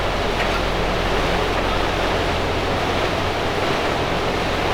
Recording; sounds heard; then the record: poultry house recording; no chicken sound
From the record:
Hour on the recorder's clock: 17